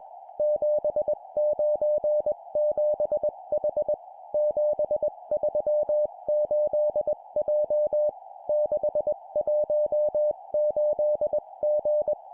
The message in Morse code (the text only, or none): 797H 738J 618G